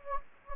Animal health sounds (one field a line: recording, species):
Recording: mosquito wingbeat signal from an infrared sensor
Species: Anopheles gambiae